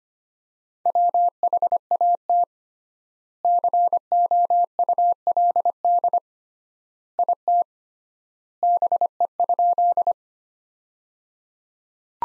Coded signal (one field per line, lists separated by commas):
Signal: Morse code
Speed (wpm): 25 wpm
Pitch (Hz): 700 Hz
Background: none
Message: WHAT COULD IT BE?